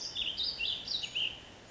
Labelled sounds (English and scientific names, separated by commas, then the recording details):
Ash-throated Flycatcher (Myiarchus cinerascens)
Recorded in Sonoma County, California